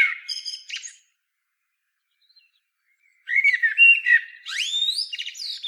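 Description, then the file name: Common blackbird song, a short fluted phrase with a thin high tail, then after a pause a longer rich warble rising into squeaky, swooping high notes. "Turdus merula"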